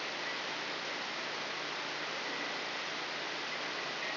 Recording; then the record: brain microelectrode recording played as sound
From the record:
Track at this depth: inside the subthalamic nucleus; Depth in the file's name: 3.708 mm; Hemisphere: left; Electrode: 3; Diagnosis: Parkinson's disease